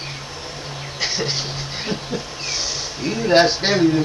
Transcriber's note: laughter